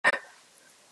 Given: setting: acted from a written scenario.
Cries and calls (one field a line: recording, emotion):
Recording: vocal sound without words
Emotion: sadness